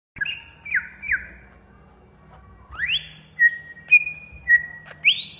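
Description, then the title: Greater green leafbird giving clear whistled notes: two slurred downward phrases, a long rising sweep, then steady level whistles ending in an upward glide. Banyuwangi; bird singing in an agitated, intense style (ngentrok ngamuk). "Cucak Hijau Banyuwangi Ngentrok Ngamuk"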